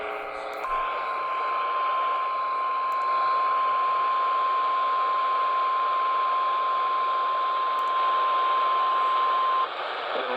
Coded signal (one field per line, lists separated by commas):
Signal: Emergency Alert System (SAME) tones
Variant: 1050 Hz attention tone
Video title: Eas tor Eas#683